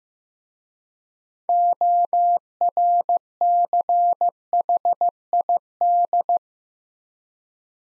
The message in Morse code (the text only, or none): ORCHID